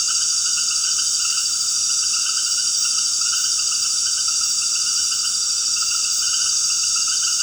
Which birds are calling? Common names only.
none